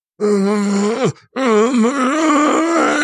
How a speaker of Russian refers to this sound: Ревел Вяземский. Его тело забилось в конвульсиях.